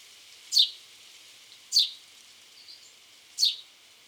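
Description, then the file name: House sparrow call, three bright descending chirps over four seconds with a soft extra note between, over a light hiss. "Passer domesticus"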